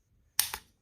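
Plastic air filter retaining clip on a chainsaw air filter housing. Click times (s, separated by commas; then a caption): 0.4 s. On a Husqvarna 555 chainsaw, with the new air filter slid in and lined up, the plastic retaining clip on the air filter housing is pushed until it snaps in place. A single sharp click lands at 0.4 s, followed by a softer tick at 0.5 s, and the clip is seated.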